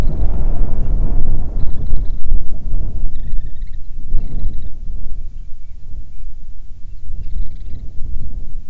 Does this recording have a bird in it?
yes